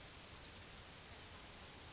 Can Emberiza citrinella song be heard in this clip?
no